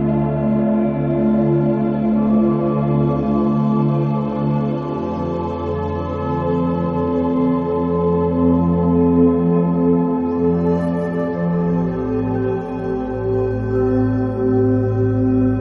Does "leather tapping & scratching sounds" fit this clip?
no